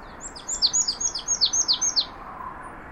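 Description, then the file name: Marsh tit calling in a fast, slightly uneven run of many high, thin notes, each dropping steeply in pitch. "Poecile palustris"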